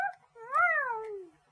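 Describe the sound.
A voice imitates a cat with a single drawn-out meow that rises in pitch and then slides down. It is fairly loud and stands alone, with no talk around it.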